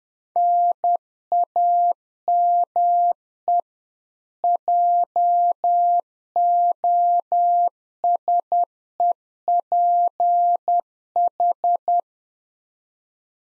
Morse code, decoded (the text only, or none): NAME JOSEPH